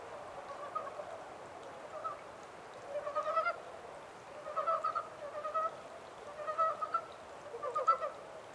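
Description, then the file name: Montane brown frog giving low, knocking croak bursts roughly every second or so, each a quick rattle of pulses over faint hiss. 14 April 2010. "yamaakagaeru-20100414"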